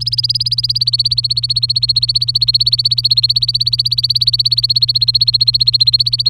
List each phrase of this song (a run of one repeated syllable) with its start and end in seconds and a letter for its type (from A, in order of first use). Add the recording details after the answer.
0.01-6.29 A. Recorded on 23 April 2018 at 16:00. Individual llb3